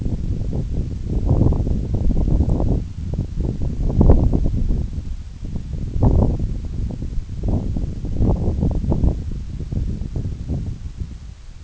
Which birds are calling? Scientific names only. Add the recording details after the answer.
none. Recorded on Arctic tundra, site NAIT-1, on 26 June 2019. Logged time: 16:00